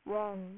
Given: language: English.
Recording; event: throat vibration sensor signal played as sound; speech